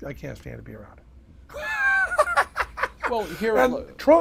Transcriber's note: laughs